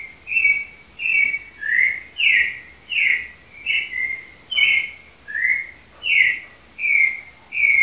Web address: Cantos Turdus-grayi